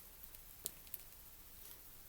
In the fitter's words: but you know that stuff it just snaps right in not big deal